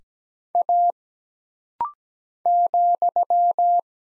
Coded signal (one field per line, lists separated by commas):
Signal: Morse code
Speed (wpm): 17 wpm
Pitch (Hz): 700 Hz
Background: none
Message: A ,